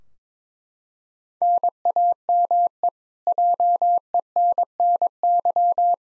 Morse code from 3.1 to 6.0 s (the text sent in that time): JENNY